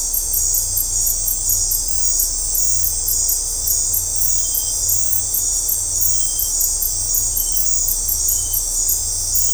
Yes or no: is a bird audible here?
no